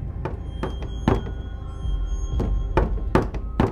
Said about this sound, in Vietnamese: Bóng ma lại đi vòng ra ngoài rồi gõ cửa. Tiếng gõ cửa vang lên trong đêm. Đúng là bóng ma gõ.